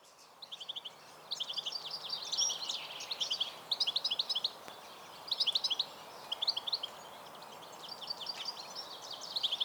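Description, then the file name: European goldfinch calls: rapid, tinkling high chirps in bursts of several notes, recurring every second or so over a steady hiss. "Carduelis carduelis"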